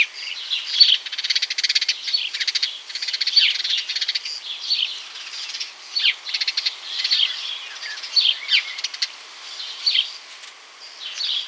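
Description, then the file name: House sparrow chirping calls: a busy stream of short, bright chirps in bursts, almost without pause. "Passer domesticus"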